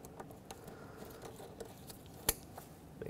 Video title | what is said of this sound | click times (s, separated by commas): How to Replace Exhaust Manifold with Catalytic Converter 2009-2019 Ford Flex | lock it down and connect the electrical connector for it make sure that clicks | 2.3 s